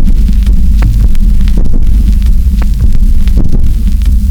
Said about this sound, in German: Vielleicht ist es auch nur das Rauschen der Straße.